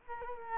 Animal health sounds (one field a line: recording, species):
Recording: mosquito wingbeat signal from an infrared sensor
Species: Culex quinquefasciatus